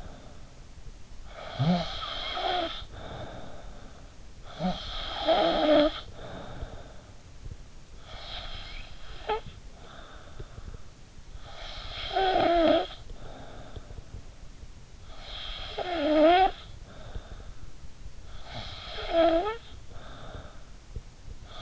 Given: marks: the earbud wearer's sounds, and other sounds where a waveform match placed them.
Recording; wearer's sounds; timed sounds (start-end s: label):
sounds in sleep by an in-ear microphone; snoring breath
0.00-21.62 s: snoring breath